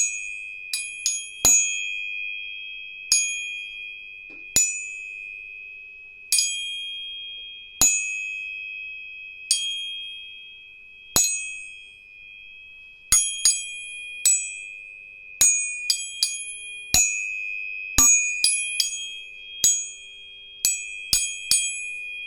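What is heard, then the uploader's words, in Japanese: Tuning forks are struck again and again, each tap a sharp metallic ping with a bright, glassy ring that fades over a second or two. A steady high tone hums underneath the whole time, and the strikes come faster and closer together in the second half. 音叉チューニング3本。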